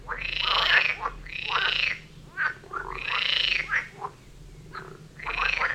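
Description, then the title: Frogs calling in a chorus, long rasping croaks overlapping with shorter calls from several animals. Frog chorus near Vellerner Brook in Neubeckum, recorded at 2pm, binaural recording. "Frog concert near Vellerner Brook in Neubeckum - 2pm - binaural version"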